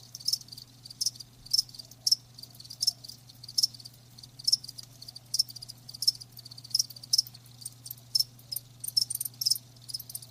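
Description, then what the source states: Cricket chirps as short, sharp high-pitched bursts repeated throughout, over a faint steady low hum. Live crickets chirping, presented as a sleep sound.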